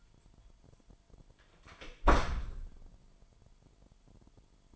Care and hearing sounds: daily activity, microphone in the room; close door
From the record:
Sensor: 5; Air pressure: 998.5 hPa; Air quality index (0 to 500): 82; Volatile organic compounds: 1 ppm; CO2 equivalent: 934 ppm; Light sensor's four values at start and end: 34/82/34/37 and 33/81/34/37

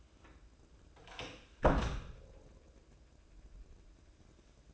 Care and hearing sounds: daily activity, microphone in the room; close door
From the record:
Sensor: 2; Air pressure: 1012.2 hPa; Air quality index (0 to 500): 160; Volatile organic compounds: 2 ppm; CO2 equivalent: 1169 ppm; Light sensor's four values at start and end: 423/1056/430/453 and 423/1056/430/453

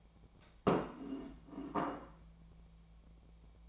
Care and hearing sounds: daily activity, microphone in the room; place plate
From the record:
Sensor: 1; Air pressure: 1000.3 hPa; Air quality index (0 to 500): 146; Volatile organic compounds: 3 ppm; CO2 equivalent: 1370 ppm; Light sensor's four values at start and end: 30/73/31/37 and 29/73/31/37

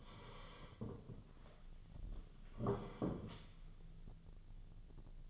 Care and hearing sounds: daily activity, microphone in the room; sit down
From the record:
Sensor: 4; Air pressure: 1016.1 hPa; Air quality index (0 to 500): 174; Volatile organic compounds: 7 ppm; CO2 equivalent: 1986 ppm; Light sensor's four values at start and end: 9/20/8/7 and 9/20/8/8

